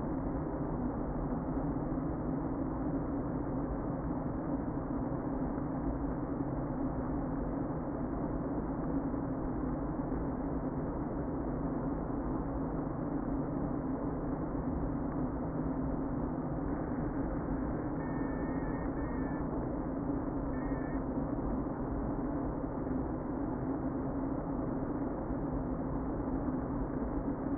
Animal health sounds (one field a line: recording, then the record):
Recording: honeybee colony, microphone inside the hive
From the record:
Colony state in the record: queen present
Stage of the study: before two queens were removed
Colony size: about 60,000 bees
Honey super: yes